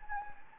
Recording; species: mosquito wingbeat signal from an infrared sensor; Anopheles gambiae